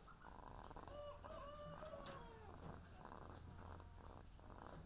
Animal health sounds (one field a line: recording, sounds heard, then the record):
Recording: poultry house recording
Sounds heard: sick chickens (respiratory disease)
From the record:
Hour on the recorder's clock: 17